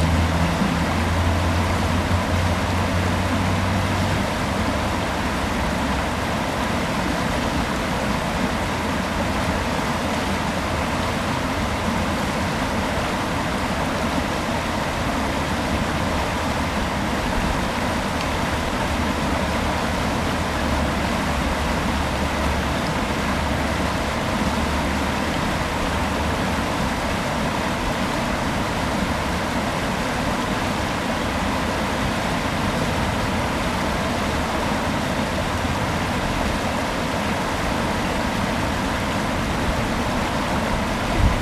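Fast-flowing water rushes past in a steady, dense roar that fills everything from low rumble to bright hiss. The level holds constant for the whole stretch, with a faint low hum in the first few seconds and no distinct separate events.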